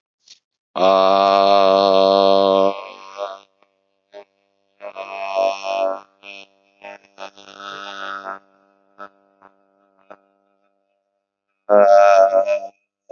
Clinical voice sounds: vowel held as long as possible; male; 30 to 39 years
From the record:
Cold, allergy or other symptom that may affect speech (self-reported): no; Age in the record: 38 years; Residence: Oklahoma, United States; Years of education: 15

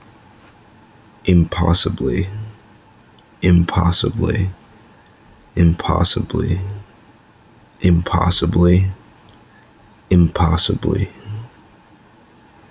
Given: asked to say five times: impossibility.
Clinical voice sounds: repeated word; male; 20 to 29 years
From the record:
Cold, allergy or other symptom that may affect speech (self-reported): no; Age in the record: 22 years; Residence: North Carolina, United States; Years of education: 16

